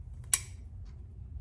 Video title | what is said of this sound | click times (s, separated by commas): DragBoss Garage: Sub Assembly Build FordC4 Transmission, Hold's A 750+ Hp Ford 351 Cleveland Part 2 | you hear that snap so you know it's in there | 0.3 s